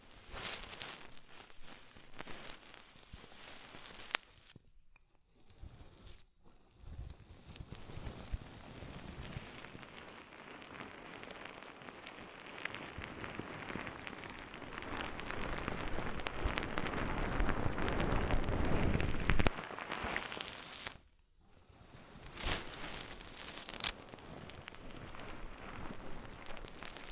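An oil, foam and ear massage made of wet, crackling, fizzing rubs that carry on almost without a break. The texture is dense and bright, like rain or popping foam. It swells louder around 15–20 seconds, and brief silences fall near 5, 6 and 21 seconds.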